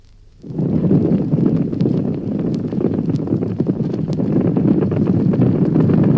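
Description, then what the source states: Horses stampeding: after a quiet start, a heavy continuous rumble of pounding hooves builds and holds to the end. Horses stampeding on hard ground.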